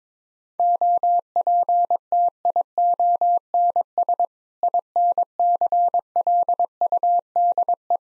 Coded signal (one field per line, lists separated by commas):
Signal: Morse code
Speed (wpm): 22 wpm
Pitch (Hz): 700 Hz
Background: none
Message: OPTIONS INCLUDE